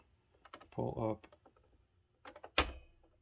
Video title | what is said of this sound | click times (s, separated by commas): Nakajima WPT-160 Typewriter Print Wheel Change Procedure | and it just snaps out | 2.6 s